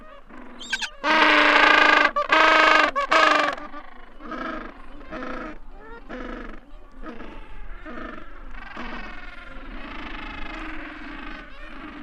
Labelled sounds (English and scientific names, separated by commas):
Gentoo Penguin (Pygoscelis papua) call